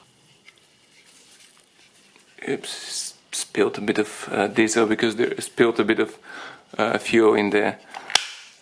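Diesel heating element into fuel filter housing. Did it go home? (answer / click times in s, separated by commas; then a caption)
yes / 8.2 s. A diesel heating element is moved from an old fuel filter to a new one on a 1.6 HDi engine (Peugeot/Citroen/Ford/Volvo) and pushed into the new fuel filter housing while someone talks, with a bit of diesel spilled. At 8.2 s it snaps into its catches with one sharp click, seated in place.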